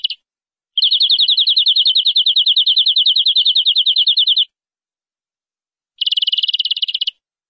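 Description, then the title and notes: Canary song: a sustained, very fast rattling trill of high notes for nearly four seconds, a pause, then a shorter, denser trill. "Suara Burung Kenari"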